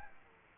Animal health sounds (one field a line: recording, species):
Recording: mosquito wingbeat signal from an infrared sensor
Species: Aedes aegypti